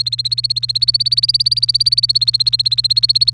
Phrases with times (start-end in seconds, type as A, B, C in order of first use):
0.00-3.33 A